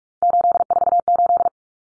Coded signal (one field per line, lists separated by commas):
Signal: Morse code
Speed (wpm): 44 wpm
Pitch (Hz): 700 Hz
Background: none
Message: 848